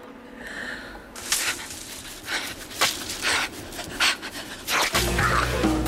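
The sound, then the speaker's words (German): Heavy panting in quick, uneven bursts of harsh, breathy air, fairly loud and continuous for several seconds, ending in a low rumbling noise. “Ich bin so kurzatmig mit dir.”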